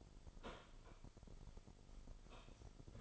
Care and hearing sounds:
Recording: daily activity, microphone in the room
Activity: sweep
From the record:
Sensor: 5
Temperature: 24.6 degrees Celsius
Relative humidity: 32.2%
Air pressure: 996.1 hPa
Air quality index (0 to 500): 100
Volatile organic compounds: 6 ppm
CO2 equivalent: 1921 ppm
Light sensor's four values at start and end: 45/109/45/48 and 45/109/45/48

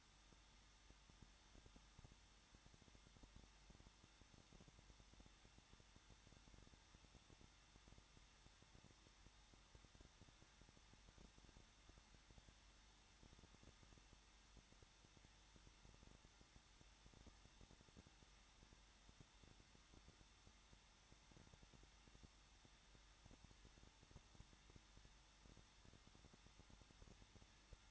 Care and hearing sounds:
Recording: daily activity, microphone in the room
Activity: no activity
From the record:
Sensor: 3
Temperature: 21.2 degrees Celsius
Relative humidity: 36.4%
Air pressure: 1006.4 hPa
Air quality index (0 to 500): 223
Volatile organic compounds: 43 ppm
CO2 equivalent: 3190 ppm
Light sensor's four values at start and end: 2/3/2/2 and 2/3/2/2

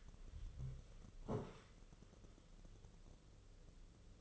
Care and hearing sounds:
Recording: daily activity, microphone in the room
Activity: sit down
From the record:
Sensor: 4

